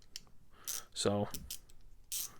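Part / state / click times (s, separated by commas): pivoting ratchet head locking pin into straight detent position / seated / 0.2 s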